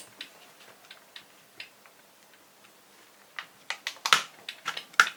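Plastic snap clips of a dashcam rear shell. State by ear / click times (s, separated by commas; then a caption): released / 5.0 s. Something pointy is pried along the edge of the plastic rear shell of a 70mai A810 dashcam, with faint ticks at first and then a run of sharper clicks from about 3.4 s as the snap clips strain. At 5.0 s a clip releases with a sharp crack, and the casing is cracked open.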